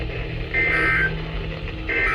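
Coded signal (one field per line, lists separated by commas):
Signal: Emergency Alert System (SAME) tones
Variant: end-of-message bursts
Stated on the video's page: Real EAS alerts captured July 2022.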